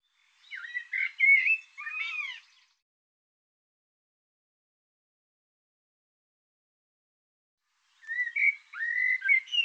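Bird song in two warbled phrases of twisting slurred notes, separated by a long stretch of silence.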